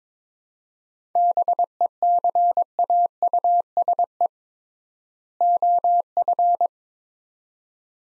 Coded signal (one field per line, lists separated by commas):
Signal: Morse code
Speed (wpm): 22 wpm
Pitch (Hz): 700 Hz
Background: none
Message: BECAUSE OF